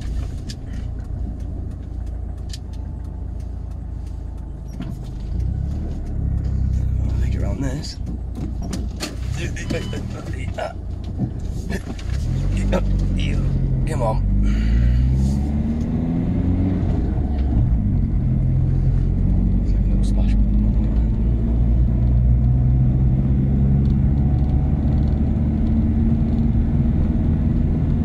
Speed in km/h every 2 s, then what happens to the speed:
6, 0, 0, 0, 0, 0, 0, 8, 16, 16, 21, 26, 31, 32.
1-13 standing. 13-28 pulls away to 32.